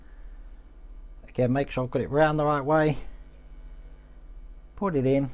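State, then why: Not seated. A plastic hood pin is turned to check its orientation and lined up with the D-shaped hole in the front panel of a 1967 Shelby Mustang Super Snake model car before being pushed in. Someone talks over faint background noise. Nothing has seated or clicked yet.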